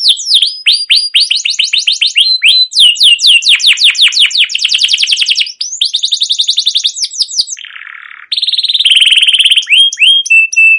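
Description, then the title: Canary song, a long run of bright chirps and fast trills, each phrase switching to a new pitch, with a short harsh buzzy burst before the final trills. Long continuous chattering canary song, used as a lure to stimulate young canaries to sing; presented as learning sounds for young birds. "CUIT CUIT NGEROL LANGSUNG GACOR PANJANG Kenari Ini utk Pancingan KENARI PAUD BELAJAR BUNYI"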